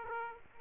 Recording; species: mosquito wingbeat signal from an infrared sensor; Aedes aegypti